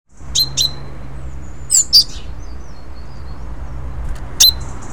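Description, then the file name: Great tit giving a few sharp, high chipping notes, a pair, then another pair and a single note, with a constant low hum behind. "Parus major"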